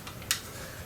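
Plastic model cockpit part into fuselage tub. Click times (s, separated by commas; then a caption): 0.3 s. A plastic cockpit part for a Zero Model 52 scale model is pushed into the fuselage tub, where it fits well and snaps in place. A faint tick at 0.1 s comes before a single sharp, bright click at 0.3 s as the part seats, with quiet background afterward.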